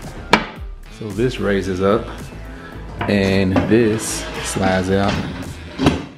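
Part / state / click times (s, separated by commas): slide-out extension on a kitchen cart/table / seated / 5.9 s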